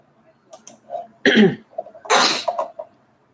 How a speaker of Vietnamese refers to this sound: Mọi người thông cảm nhé, em mình như cũng hơi bị ho ấy, nên là hôm nay giọng không được tốt, mà chắc là bị ngắt quãng.